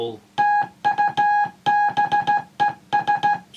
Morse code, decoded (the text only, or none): TUBES